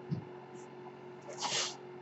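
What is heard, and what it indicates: A soft low thump, then about a third of a second of airy hiss over a faint steady hum, with no speech. This is the air-delivery noise of a mechanical ventilator supplying a breath.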